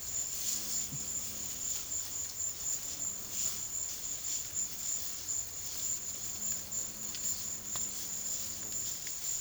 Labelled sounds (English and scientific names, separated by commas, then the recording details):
none
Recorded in pastures near Puerto Asís, Putumayo, Colombia, on 12 March 2025 at 15:00
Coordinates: 0.487, -76.322
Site G077